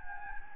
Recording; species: mosquito wingbeat signal from an infrared sensor; Anopheles gambiae